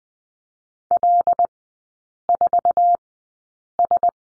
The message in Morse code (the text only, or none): L 4 S